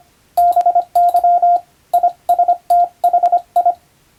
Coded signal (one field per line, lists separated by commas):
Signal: Morse code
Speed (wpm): 25 wpm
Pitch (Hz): 700 Hz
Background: radio noise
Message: BY ISTHI